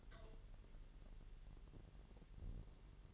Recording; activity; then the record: daily activity, microphone in the room; take from stove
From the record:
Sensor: 4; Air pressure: 989.1 hPa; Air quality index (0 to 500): 208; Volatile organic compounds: 56 ppm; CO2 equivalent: 3372 ppm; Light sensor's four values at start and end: 29/98/36/38 and 29/98/36/38